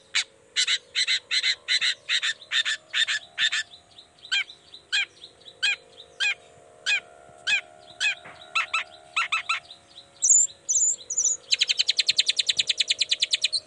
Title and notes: Cendet Gacor Dor Di Kala Pagi Toet Toet Variasi Suara. Cendet Gacor Pagi Hari. Burung cendet